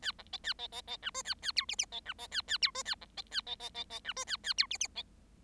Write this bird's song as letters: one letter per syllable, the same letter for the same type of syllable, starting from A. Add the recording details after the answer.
A B C A C C C D E A A F G G C D C A A F E A B C A C C C C D E A A F G G C. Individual Bird7